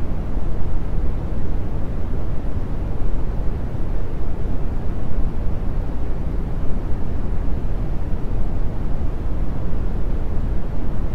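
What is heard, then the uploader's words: Gentle wind rumbles through a gallery as a steady, deep roar, thick and continuous with no breaks or distinct events. The sound sits low and dark, with a soft hiss above, and its level holds nearly constant for the whole stretch. Wind Gentle, Low Pitch, Brown Noise - San Gottardo gallery, Switzerland.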